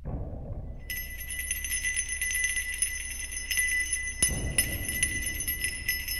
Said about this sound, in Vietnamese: Ấy thế nào mà cái chuông gió treo ngoài cửa? Rõ ràng là trời chả có gió máy gì. Có làm sao nó cứ len ca len keng.